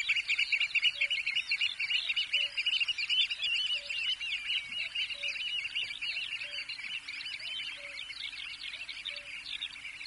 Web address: eurasian oystercatcher